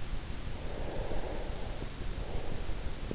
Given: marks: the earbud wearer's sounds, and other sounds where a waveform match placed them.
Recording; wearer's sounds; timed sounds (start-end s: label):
sounds in sleep by an in-ear microphone; breath
0.04-3.06 s: breath